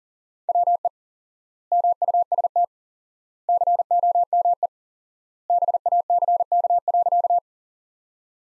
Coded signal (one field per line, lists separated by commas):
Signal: Morse code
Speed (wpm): 40 wpm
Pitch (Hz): 700 Hz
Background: none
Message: WE MUST COME BACK.